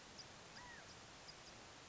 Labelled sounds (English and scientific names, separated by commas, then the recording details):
California Quail (Callipepla californica)
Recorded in Sonoma County, California